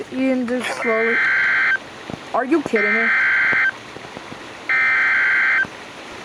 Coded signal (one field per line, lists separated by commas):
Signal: Emergency Alert System (SAME) tones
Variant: header bursts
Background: speech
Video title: 7/26/2023 Storm + 2 EAS Alerts (EAS #1111 - 1112)